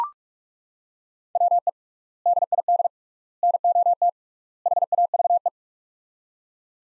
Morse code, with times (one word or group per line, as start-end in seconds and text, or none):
1.4-1.7 WE
2.3-2.9 DID
3.4-4.1 NOT
4.7-5.5 HAVE